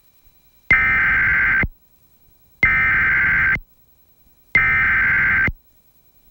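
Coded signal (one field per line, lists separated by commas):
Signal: Emergency Alert System (SAME) tones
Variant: header bursts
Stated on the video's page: Real civil emergency message broadcast on a television station.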